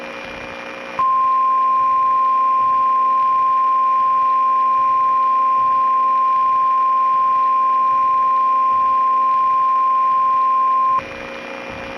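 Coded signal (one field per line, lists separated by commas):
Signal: Emergency Alert System (SAME) tones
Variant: 1050 Hz attention tone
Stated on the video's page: Mock EAS alert, not real; audio quality is poor.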